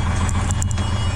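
A semi tractor (an 80,000-pound truck) is backed under a trailer until its fifth wheel jaws lock around the trailer kingpin. Over the steady low rumble of the running engine, sharp metallic latch clunks sound at 0.5 s and 0.6 s. The kingpin is seated and locked in the tractor's fifth wheel hitch.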